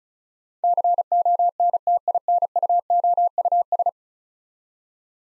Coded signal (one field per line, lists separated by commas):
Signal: Morse code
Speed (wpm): 36 wpm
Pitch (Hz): 700 Hz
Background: none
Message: CONTINUOUS